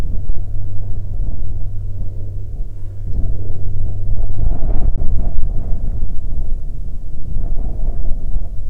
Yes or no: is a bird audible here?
no